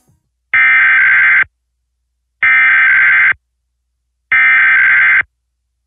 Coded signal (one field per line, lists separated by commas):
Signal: Emergency Alert System (SAME) tones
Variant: header bursts